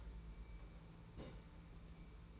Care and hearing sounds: daily activity, microphone in the room; place on stove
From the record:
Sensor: 1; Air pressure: 992.0 hPa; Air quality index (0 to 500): 216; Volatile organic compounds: 1000 ppm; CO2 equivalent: 8425 ppm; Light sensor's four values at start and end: 21/74/29/29 and 21/74/29/29

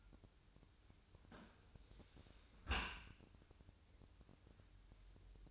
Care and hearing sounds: daily activity, microphone in the room; close dishwasher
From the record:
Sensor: 2

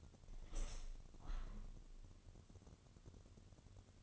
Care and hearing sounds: daily activity, microphone in the room; open window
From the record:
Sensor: 4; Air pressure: 1001.2 hPa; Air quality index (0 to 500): 178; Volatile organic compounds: 2 ppm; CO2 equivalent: 1270 ppm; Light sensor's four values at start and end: 12/28/11/12 and 12/28/11/12

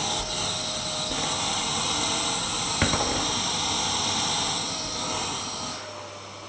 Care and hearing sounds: daily activity, microphone in the room; vacuum cleaning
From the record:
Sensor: 3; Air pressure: 999.2 hPa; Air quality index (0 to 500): 203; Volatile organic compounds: 50 ppm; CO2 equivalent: 3301 ppm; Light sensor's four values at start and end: 7/15/6/6 and 7/17/7/6

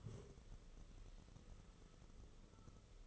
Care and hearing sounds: daily activity, microphone in the room; stand up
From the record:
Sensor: 4

